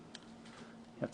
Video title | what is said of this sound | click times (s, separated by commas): Sony Ericsson Xperia X1 review - Part 4 of 4 - video playback, camera, scrolling | you saw how easily that popped off I just kind of stuck a nail in there and it came right off so | 0.1 s, 1.0 s